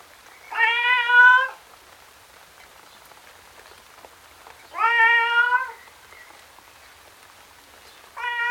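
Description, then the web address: Cat meowing, long drawn harmonic meows about a second each, spaced roughly four seconds apart, with a steady patter of rain in the background. Male tom cat, outdoors in the rain, sounding miserable. "miserable tom cat outside in the rain"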